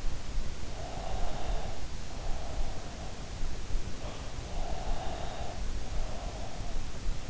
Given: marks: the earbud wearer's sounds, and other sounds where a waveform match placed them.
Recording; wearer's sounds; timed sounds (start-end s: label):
sounds in sleep by an in-ear microphone; breath
0.68-2.76 s: breath
4.59-6.65 s: breath